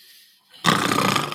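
A single harsh, rattling open-mouth snore, imitated on request by an adult man, made by opening the mouth, breathing harder and constricting the throat, so that fast, hard breathing creates greater turbulence in the upper airway.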